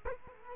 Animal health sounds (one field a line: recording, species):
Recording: mosquito wingbeat signal from an infrared sensor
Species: Culex quinquefasciatus